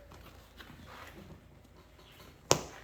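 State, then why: Seated. A plastic retaining clip on a leather seat cover for a 2021/2022 Ford F-150 is pressed onto the truck's seat frame, working in one direction so nothing is missed. After faint low rustling and a couple of soft taps near 0.1 and 0.6 seconds, a single sharp, bright snap rings out at 2.5 seconds as the clip seats, then decays quickly.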